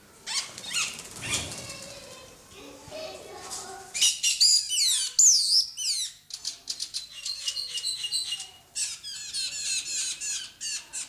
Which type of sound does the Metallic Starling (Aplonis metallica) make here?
call